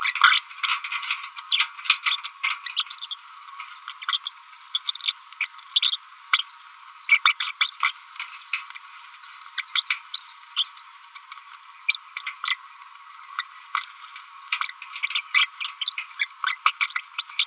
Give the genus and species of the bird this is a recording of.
Forpus passerinus